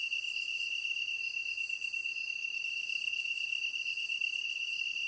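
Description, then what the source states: Kantan tree cricket gives a smooth, continuous trill that never changes pitch, with faint high insect ticking in the background. Recorded on 23 August 2010 at 21:22.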